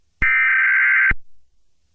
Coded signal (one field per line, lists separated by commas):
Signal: Emergency Alert System (SAME) tones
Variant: header bursts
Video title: Thomas's update EAS